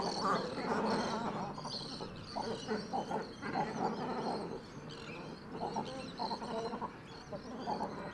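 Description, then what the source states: Great cormorants croak and grunt in a busy, overlapping chorus of rough, low calls, rising and falling in loudness without pause. Birds arriving at a roost.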